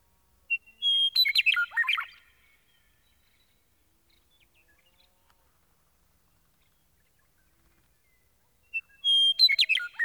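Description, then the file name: Meadowlark song: two loud phrases separated by a long quiet gap, each opening with a clear whistled note and breaking into a rapid jumble of notes. "Gordon Hemption - Meadowlark"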